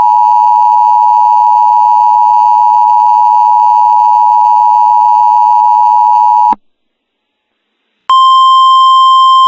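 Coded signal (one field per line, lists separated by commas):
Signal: Emergency Alert System (SAME) tones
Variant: 853 and 960 Hz attention tone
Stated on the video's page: Valid EAS tones in a fictional volcano scenario.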